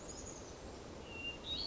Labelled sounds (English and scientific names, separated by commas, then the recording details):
Chestnut-backed Chickadee (Poecile rufescens)
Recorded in Sonoma County, California